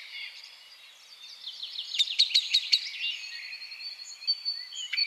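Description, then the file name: Common blackbird sharp chinks in a quick series of about five from two seconds, with a few more near the end, over dense warbling throughout. "Turdus merula"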